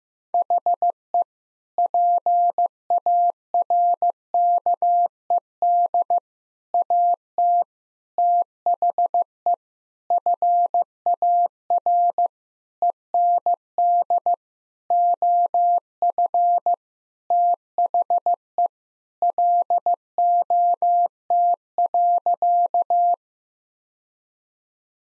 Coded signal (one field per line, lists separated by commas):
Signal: Morse code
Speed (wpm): 15 wpm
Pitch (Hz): 700 Hz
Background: none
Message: HE PARKED AT THE FAR END OF THE LOT.